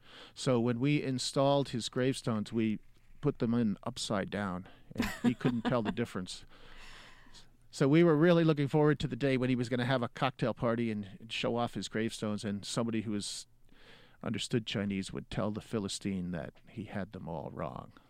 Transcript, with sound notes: So when we installed his gravestones, we put them in upside down.
(Laughter).
And he couldn't tell the difference. So we were really looking forward to the day when he was going to have a cocktail party and show off his gravestones. And somebody who was - understood Chinese would tell the philistine that he had them all wrong.